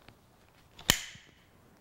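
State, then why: Seated. The metal friction bar on a rope pulley block is advanced one more click to make a second rope wrap for heavier loads. A soft tick at 0.8 s leads into a sharp, bright metallic click at 0.9 s that rings briefly, and the bar seats in its new position.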